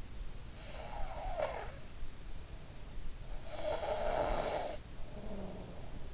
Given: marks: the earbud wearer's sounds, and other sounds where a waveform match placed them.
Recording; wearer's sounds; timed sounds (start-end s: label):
sounds in sleep by an in-ear microphone; snoring breath
0.45-2.28 s: snoring breath
3.03-5.43 s: snoring breath